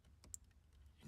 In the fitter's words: can hear a little click right there and that is the actual pin locking